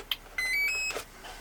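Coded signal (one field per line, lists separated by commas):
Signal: beep code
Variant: RC speed controller (ESC)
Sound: three quick rising electronic beeps in a row, with clicks before and after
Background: handling noise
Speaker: 1, 2. There you go, 3 cells. Okay, oh yeah, it's all beeping all over the place.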